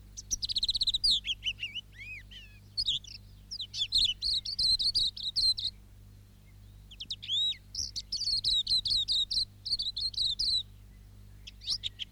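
Silvereye song of fast, thin warbles and slurred high notes in several phrases separated by short pauses; faint low hum in the background.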